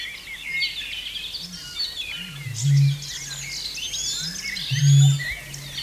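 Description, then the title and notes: Australasian bittern booming: deep, low hollow booms, each swelling then holding steady, two loud ones about two seconds apart, with chirping birds twittering high above. Eerie, booming call of the matuku, likened to a lament or tangi ringing across marshes; New Zealand. "By Ellen Rykers: The bittern’s eerie, booming call sounds like a lament"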